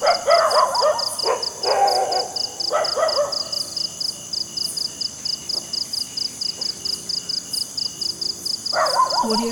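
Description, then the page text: Cricket giving steady, rapid high pulsed chirps, framed by loud bursts of other animal calls at the start and end. Crickets at night in a jungle. "Crickets Night Jungle TonwagenSfxLab"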